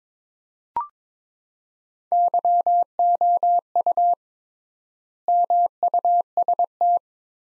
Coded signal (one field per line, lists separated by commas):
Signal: Morse code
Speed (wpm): 22 wpm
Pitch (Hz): 700 Hz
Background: none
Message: YOU MUST